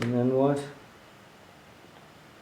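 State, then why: Not seated. A curved Lego side piece is being fitted onto the underside of a large Lego ship model while it is taken apart. Someone talks briefly, followed by near silence. Nothing has clicked into place yet, because there is nothing for the piece to hold on to: only two studs are there where three or four are expected.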